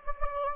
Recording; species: mosquito wingbeat signal from an infrared sensor; Anopheles gambiae